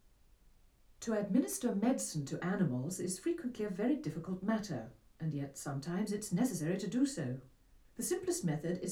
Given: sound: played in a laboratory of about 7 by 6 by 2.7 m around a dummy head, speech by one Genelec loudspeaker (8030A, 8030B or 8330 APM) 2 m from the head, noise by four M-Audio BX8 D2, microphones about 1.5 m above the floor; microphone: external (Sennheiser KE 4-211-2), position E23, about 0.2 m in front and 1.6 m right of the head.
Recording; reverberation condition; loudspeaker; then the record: female speech in English; low; 150 degrees to the left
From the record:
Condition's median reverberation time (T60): about 310 ms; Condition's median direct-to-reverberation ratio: about 3.5 dB